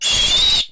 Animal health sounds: pig call; piglet (1 to 25 days)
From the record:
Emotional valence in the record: negative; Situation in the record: restrain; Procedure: sham castration, cut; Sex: male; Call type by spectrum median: high-frequency call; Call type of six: high-frequency modulated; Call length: 0.72 s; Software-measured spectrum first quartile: 3336 Hz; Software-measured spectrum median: 4292 Hz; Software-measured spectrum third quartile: 7702 Hz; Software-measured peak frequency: 3282 Hz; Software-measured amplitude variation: 92 dB a second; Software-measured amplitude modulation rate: 18.7 a second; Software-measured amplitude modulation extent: 4.9 dB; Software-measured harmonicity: 5.0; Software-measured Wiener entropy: -2.29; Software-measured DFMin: 735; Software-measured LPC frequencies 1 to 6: 845, 3402, 3794, 4691, 5356, 6641 Hz

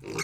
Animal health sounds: pig call; weaner (32 to 43 days)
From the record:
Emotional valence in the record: negative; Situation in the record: long isolation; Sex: female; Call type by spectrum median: low-frequency call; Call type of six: high-frequency modulated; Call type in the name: high-frequency modulated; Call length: 0.24 s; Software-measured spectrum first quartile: 487 Hz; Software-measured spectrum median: 1690 Hz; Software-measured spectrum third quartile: 3901 Hz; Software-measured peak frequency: 389 Hz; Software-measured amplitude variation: 146 dB a second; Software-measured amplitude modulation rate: 29.4 a second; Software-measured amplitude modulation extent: 5.0 dB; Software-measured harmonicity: 1.5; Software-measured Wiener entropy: -2.94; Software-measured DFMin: 1059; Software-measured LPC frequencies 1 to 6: 404, 1318, 2178, 2535, 4381, 5258 Hz

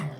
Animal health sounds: pig call; piglet (1 to 25 days)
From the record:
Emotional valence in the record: negative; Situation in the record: short isolation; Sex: male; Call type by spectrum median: low-frequency call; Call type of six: low-frequency stable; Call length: 0.20 s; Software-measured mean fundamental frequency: 48 Hz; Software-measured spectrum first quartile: 156 Hz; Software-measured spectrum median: 299 Hz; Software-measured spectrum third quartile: 1199 Hz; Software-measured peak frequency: 153 Hz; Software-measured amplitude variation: 129 dB a second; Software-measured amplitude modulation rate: 17.0 a second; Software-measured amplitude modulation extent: 7.5 dB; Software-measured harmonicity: 5.6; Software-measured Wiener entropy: -1.36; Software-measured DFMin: 588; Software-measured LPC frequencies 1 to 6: 1110, 2031, 2878, 3663, 4802, 5635 Hz

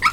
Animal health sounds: pig call; piglet (1 to 25 days)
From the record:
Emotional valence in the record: positive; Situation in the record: after nursing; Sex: male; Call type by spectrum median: low-frequency call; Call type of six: high-frequency stable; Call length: 0.12 s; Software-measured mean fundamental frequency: 209 Hz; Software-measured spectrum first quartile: 1243 Hz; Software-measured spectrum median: 1722 Hz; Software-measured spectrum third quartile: 2470 Hz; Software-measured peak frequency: 1263 Hz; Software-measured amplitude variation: 206 dB a second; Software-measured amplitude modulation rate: 4.0 a second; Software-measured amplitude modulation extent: 51.1 dB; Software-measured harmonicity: 9.2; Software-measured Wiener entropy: -2.47

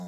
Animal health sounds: pig call; piglet (1 to 25 days)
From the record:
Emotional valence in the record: negative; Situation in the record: long isolation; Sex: female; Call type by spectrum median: low-frequency call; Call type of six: low-frequency tonal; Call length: 0.07 s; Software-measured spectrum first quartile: 180 Hz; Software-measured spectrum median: 289 Hz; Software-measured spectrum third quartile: 952 Hz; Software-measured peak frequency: 187 Hz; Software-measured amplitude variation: 27 dB a second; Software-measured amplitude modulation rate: 6.7 a second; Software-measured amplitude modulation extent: 4.0 dB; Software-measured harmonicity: 7.0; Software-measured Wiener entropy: -1.11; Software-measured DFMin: 793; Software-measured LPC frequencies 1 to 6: 724, 3639, 5169, 5876, 6770, 7542 Hz

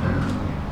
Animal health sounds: pig call; growing-finishing pig (85 days or more)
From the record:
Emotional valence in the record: positive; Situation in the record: run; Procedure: transit

